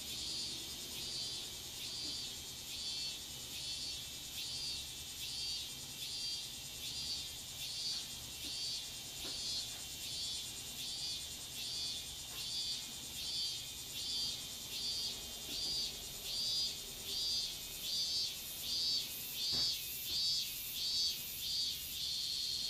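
Cicadas in a garden shrill in a high, steady rhythm of pulses, roughly one or two per second, growing louder and more sharply pulsed toward the end. A low, constant rumble runs underneath, with a couple of faint knocks near 10 and 20 seconds.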